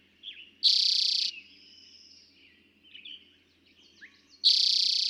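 Eastern towhee giving two rapid, rattling trills nearly four seconds apart, the second cut off at the end, with a thin whistle and scattered faint chirps between them.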